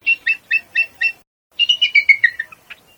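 Eagle giving a series of five short, high chirping yelps, then after a pause a faster, descending chattering run of piping notes.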